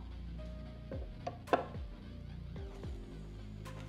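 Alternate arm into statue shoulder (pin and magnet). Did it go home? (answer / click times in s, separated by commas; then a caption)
yes / 1.3 s. The alternate arm of a 1/6 scale resin statue, fitted with a small metal pin and a large magnet, is pushed into the shoulder socket over a steady tonal background. A sharp, short hit is heard at 1.3 s as the magnet pulls the arm home. The arm is seated, fitting perfectly and very solidly.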